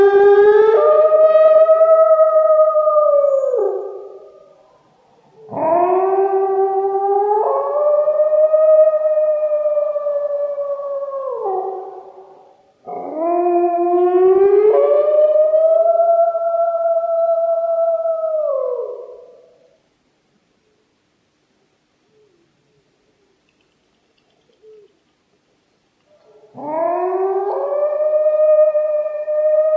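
Wolves or dogs howl in long, clear calls, each starting with a quick rising yelp and then holding a wavering mid-pitched tone for several seconds. Four howls come in turn, with short pauses between them and a longer silence before the last.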